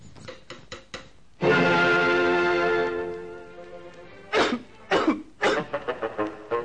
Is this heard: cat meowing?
no